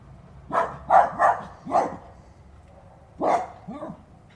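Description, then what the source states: Dog barking in an uneven series: four sharp barks, a pause, then a single loud bark and a brief lower yelp. A watchdog barking.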